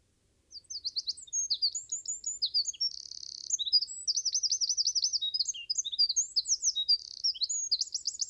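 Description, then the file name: Eurasian wren song: a loud, rapid outpouring of very high, sharp notes with fast buzzy trills, running without pause for nearly eight seconds. "Troglodytes troglodytes"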